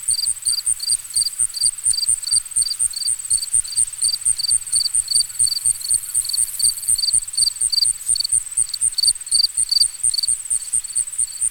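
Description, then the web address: Cricket chirps repeat briskly over a continuous high ringing trill, with faint low regular thumps beneath. Ambient nature recording of crickets. "Dr Sound Effects. Crickets and Frogs In the Distance"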